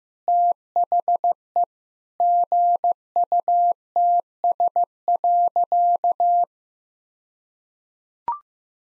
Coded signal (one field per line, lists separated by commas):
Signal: Morse code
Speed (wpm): 15 wpm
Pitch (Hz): 700 Hz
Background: none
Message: THE GUTS.